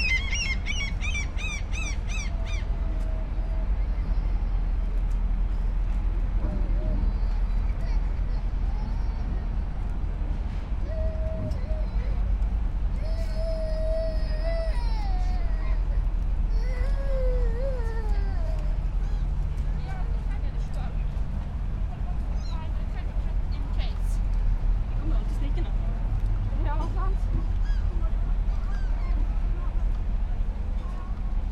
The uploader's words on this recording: Enjoying a quiet spring day on a pier in Bergen . The sun has barely begun to heat the city, so it is buzzing with people in the streets.